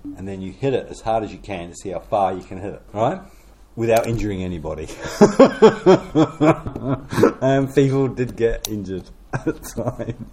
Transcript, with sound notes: and then you hit it as hard as you can to see how far you can hit it, right? Without injuring anybody. [Chuckle] And people did get injured at times.